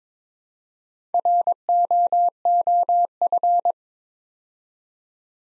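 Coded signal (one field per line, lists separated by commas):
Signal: Morse code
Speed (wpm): 23 wpm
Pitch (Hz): 700 Hz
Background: none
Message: ROOF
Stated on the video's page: Morse practice at 22 wpm building 4-letter words two letters at a time, for training instant character recognition.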